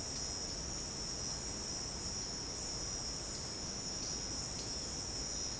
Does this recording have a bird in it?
no